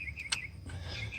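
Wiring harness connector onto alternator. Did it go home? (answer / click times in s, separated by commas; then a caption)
no / none. A wiring harness connector is pushed onto the alternator of a 6.0 Powerstroke diesel, with a brief sharp tick near 0.3 s and a softer thud near 0.7 s over a low rumble and faint bird chirps. The connector does not click on, and nothing has seated or clicked yet.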